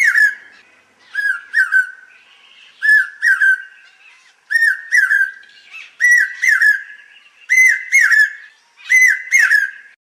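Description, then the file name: Common hawk-cuckoo calling: loud, shrill whistled phrases of about three notes, rising gradually in pitch over the series, repeated roughly every one and a half seconds. "Common Hawk-Cuckoo (Hierococcyx varius)"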